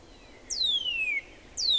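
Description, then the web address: Northern cardinal song: a loud, clear whistle slurring smoothly down from high to lower pitch over most of a second, then the next downslurred note beginning, over faint hiss. "birdsongforthecurious songs Northern Cardinal"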